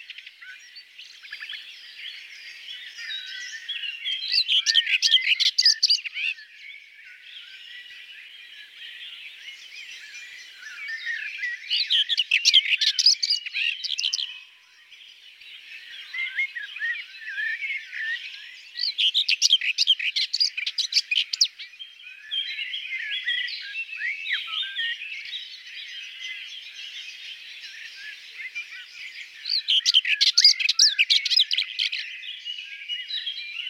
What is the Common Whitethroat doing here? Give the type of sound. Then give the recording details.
song. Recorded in the wild. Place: Merdingen bis Ihringen / Kaiserstuhl, Baden-Württemberg, DE. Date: 1979-05-27. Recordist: Schwarz, Dieter. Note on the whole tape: Song